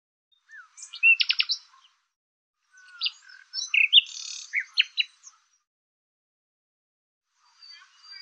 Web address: cianscape birddata Deverinetal 2025 Bird Lu Me Lu Me